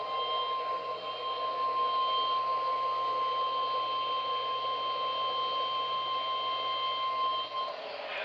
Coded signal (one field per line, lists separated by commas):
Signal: Emergency Alert System (SAME) tones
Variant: 1050 Hz attention tone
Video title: No End In Sight... | EAS #3417-3812 (Severe Weather Alerts from 5/26-27/2022)